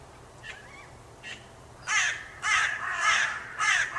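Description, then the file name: Carrion crow calling with two faint notes, then four loud, rasping caws. "Corvus corone"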